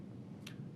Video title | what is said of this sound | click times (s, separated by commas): RUNNUR OtterBox uniVERSE Belt Clip & SlingMount | can easily slide the buckle plate until you hear the click once | 0.5 s